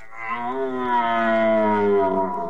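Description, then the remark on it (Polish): A fallow deer buck groans in the rut: one long, steady, low-pitched bellow rich in overtones, sagging slightly in pitch toward the end, heard on its own without any talking. “Byki, wydając charakterystyczne odgłosy, chcą przyciągnąć do siebie chmary łań.”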